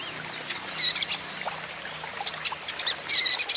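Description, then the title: Van Hasselt's sunbird, brief lively song of sharp high chirps. Young green-plumaged bird singing constantly (gacor), used as a lure and training therapy for untrained young caged birds so they answer. "KOLIBRI NINJA KONIN IJOAN GACOR COCOK UNTUK PANCINGAN TERAPI KONIN BAHAN PASTI NYAUT"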